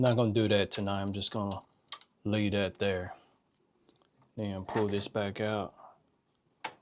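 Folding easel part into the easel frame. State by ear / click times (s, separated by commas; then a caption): seated / 6.7 s. A repaired part of a wooden French easel is turned over and pushed into position in the easel frame while someone talks. A single sharp snap at 6.7 s is the part seating into place.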